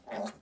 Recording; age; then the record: pig call; piglet (1 to 25 days)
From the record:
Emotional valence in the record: negative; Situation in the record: restrain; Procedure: back test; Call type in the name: low-frequency call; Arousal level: maximum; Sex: female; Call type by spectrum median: low-frequency call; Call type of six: low-frequency stable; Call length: 0.42 s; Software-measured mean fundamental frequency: 53 Hz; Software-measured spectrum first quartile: 480 Hz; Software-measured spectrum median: 741 Hz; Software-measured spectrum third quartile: 1734 Hz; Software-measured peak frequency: 599 Hz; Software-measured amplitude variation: 168 dB a second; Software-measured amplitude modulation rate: 19.1 a second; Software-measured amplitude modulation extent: 8.8 dB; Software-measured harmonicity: 3.1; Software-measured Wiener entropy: -1.15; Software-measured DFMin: 1044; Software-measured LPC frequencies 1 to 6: 656, 1880, 3732, 4304, 5176, 5988 Hz